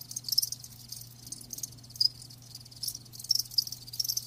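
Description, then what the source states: Faint crickets chirping in soft, high, scattered pulses above a low steady hum. Live crickets chirping with a lulling song.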